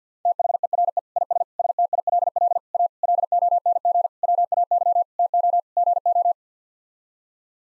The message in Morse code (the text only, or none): THERE IS STILL A LONG WAY TO GO